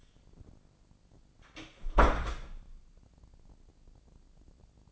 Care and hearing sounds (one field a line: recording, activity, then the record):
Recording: daily activity, microphone in the room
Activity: close door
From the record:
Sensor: 5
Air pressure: 1009.3 hPa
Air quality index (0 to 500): 165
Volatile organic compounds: 2 ppm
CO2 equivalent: 1258 ppm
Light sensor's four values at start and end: 142/334/143/155 and 142/334/143/155